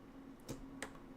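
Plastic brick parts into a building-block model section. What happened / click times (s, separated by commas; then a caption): The plastic brick parts snapped into place / 0.8 s. Plastic building-block brick parts are pressed into a mating piece of a building-block model section, and they seat with a sharp, bright click at 0.8 s. A softer tap comes just before at about 0.5 s over a steady low hum.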